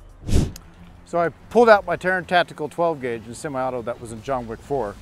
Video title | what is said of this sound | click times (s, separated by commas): TORTURE TESTING the MOST EXPENSIVE RED DOT SIGHT on the Market | and screw it on do you hear a click so | 0.6 s